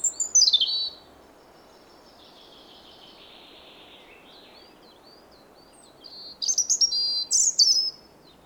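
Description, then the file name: European robin singing a high, sliding whistled phrase, a long quiet stretch, then a burst of rapid, bright, jumpy notes near the end. "Erithacus rubecula"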